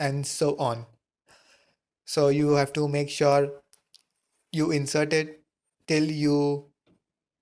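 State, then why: Seated. Console wiring on an elliptical: a male plastic wire harness connector is pushed into its matching female connector at the console, red to red and white to white. Someone talks, and a sharp short click is heard at 3.7 seconds as the connector seats.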